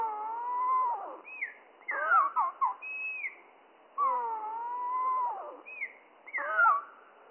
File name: GOBE MOUCHE GRIS MOINS TROIS OCTAVES MONO